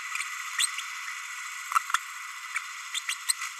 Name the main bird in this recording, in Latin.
Forpus passerinus